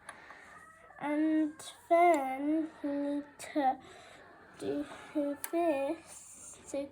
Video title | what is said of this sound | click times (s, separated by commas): Guide to threading and operating a hobbycraft sewing machine | push it until it clicks well done | 0.1 s